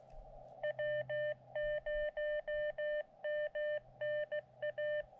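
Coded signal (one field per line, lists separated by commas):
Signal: Morse code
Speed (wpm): 14 wpm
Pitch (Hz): 600 Hz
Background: none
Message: W0MNA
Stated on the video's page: Morse from a Summits On The Air activation on Little Scraggy Peak.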